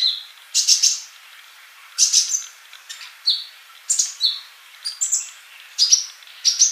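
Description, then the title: Bird song in short bursts of high chirps and brief whistles, separated by pauses of about a second. "Kicau Burung"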